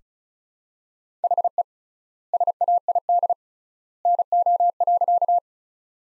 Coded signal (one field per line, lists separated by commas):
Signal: Morse code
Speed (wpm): 36 wpm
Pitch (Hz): 700 Hz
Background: none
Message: HE SAID NO.